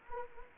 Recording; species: mosquito wingbeat signal from an infrared sensor; Anopheles gambiae